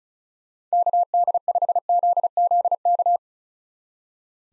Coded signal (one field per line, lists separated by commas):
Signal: Morse code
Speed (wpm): 36 wpm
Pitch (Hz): 700 Hz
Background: none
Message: KD5ZZK